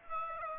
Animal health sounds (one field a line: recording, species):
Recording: mosquito wingbeat signal from an infrared sensor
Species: Aedes aegypti